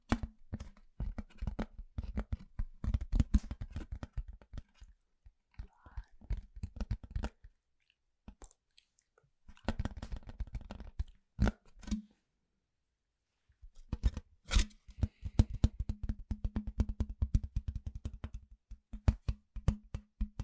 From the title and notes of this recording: 13 different triggers with simple things but big sounds that I find around the house.